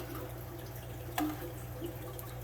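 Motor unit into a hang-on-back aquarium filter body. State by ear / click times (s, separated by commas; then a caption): seated / 1.2 s. A plastic motor unit is pushed into the body of a hang-on-back aquarium filter, with a low steady hum underneath. A single sharp click at 1.2 seconds marks the motor seating in its housing. No one talks.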